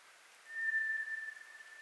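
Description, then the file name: White's thrush: a lone, steady, thin whistle held about a second, trailing off quietly. Recorded 24 April 2010. "toratugumi-20100424"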